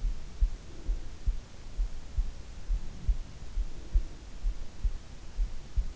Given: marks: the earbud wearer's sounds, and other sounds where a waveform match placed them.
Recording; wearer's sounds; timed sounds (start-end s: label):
sounds in sleep by an in-ear microphone; breath
0.58-1.59 s: breath
3.46-4.41 s: breath